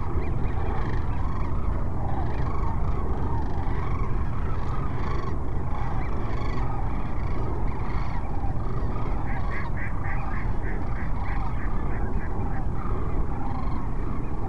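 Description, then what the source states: Sandhill cranes in a dense chorus of rolling, trumpeting calls, with a quick run of repeated notes near the end, all over a heavy low rumble. Sandhill cranes at Cochise Lakes on 30 January 2019.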